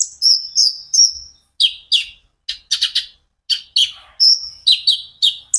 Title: KOLIBRI NINJA KONIN IJOAN GACOR COCOK UNTUK PANCINGAN TERAPI KONIN